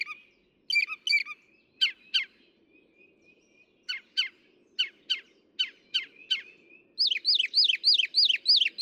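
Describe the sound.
Northern mockingbird song: sharp chips given in pairs and singles, then a rapid, even series of looping notes.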